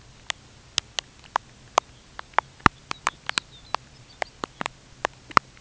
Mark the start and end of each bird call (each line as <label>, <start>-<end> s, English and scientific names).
Lapland Longspur (Calcarius lapponicus), 2.25-4.72 s